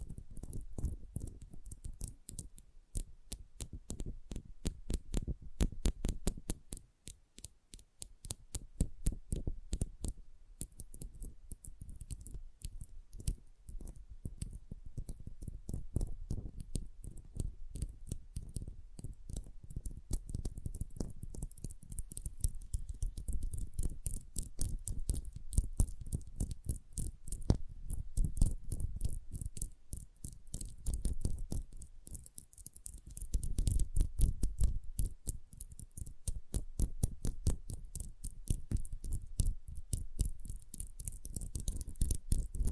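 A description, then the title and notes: Sensitive tapping made of dense, rapid clicks and taps that run continuously for the whole clip, each one sharp with a low thump beneath. The pace stays quick and slightly irregular, with small crisp snipping textures mixed in and brief busier bursts near 7 and 33 seconds. Sensitive Tapping.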